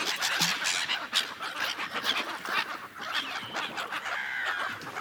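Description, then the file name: Gulls yelping and squealing together, overlapping high cries filling the whole stretch. Several gulls. "seagulls"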